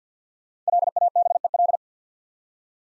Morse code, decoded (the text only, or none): LABEL